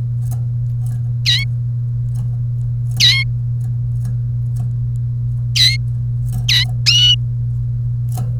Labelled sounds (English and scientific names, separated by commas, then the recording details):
Domestic Canary (Serinus canaria) song
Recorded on 1 May 2018 at 12:06
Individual llb3